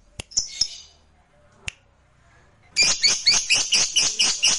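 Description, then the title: Lovebird chatter, a few sharp clicks and a short squeak, then a fast run of harsh high twittering notes. "Suara Lovebird"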